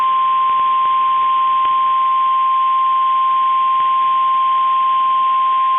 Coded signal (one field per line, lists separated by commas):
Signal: Emergency Alert System (SAME) tones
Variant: 1050 Hz attention tone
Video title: EAS 2x Required Weekly Test North Dakota Tornado Drill and Minneapolis Test NOAA Weather Radio